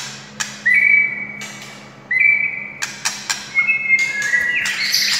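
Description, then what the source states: White-rumped shama song: long level whistles repeated about every 1.5 seconds, separated by sharp clicks, ending in a burst of higher rapid notes. Wild bird.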